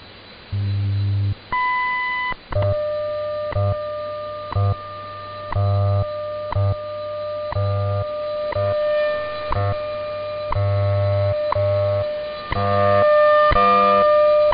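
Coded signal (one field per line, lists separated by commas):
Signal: radio time signal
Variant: WWV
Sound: series of steady buzzy tones changing pitch every second or so, with brief breaks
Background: radio static, low hum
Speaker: What follows is a scientific modulation test.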